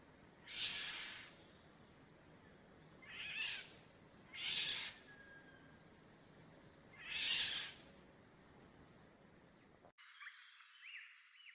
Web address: golosa ptic ivolga krik trevogi